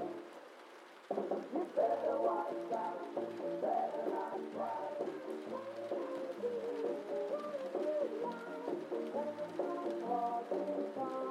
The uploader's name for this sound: Cozy Rainy Night Vibes: Oldies Playing from Another Room